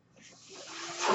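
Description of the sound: A brief airy hiss swelling in loudness: airflow from a home mechanical ventilator delivering a breath during a pause between spoken sentences.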